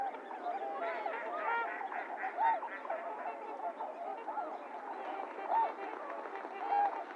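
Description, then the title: Trumpeter swans honking in a busy chorus, bugled notes stand out now and then above a constant wash of many calling birds. Recorded 28 January 2022; several swans; low frequencies filtered out. "1 28 22 trumpeter swans lowcut"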